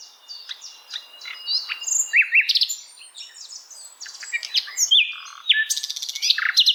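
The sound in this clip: Bird song: a varied warble mixing short chirps, whistled slurs and buzzy high notes in an irregular, continuous flow.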